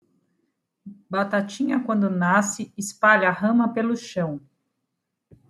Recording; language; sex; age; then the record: short text; Brazilian Portuguese; female; 40 to 49 years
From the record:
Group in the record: control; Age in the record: 48 years